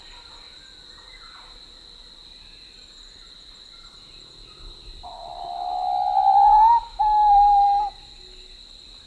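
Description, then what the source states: Papuan pitta whistled call: a rising, swelling note that slurs upward, then a brief break and a second steady note, over a constant high drone. Papua New Guinea.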